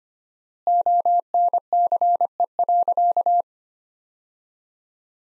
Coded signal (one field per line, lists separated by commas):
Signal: Morse code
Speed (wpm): 25 wpm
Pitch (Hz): 700 Hz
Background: none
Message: ONCE.